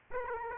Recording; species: mosquito wingbeat signal from an infrared sensor; Aedes aegypti